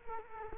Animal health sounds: mosquito wingbeat signal from an infrared sensor; Culex quinquefasciatus

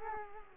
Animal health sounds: mosquito wingbeat signal from an infrared sensor; Culex quinquefasciatus

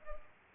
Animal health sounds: mosquito wingbeat signal from an infrared sensor; Culex pipiens

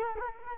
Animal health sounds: mosquito wingbeat signal from an infrared sensor; Culex quinquefasciatus

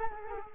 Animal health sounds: mosquito wingbeat signal from an infrared sensor; Culex quinquefasciatus

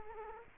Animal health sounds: mosquito wingbeat signal from an infrared sensor; Culex quinquefasciatus

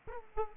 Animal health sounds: mosquito wingbeat signal from an infrared sensor; Aedes aegypti

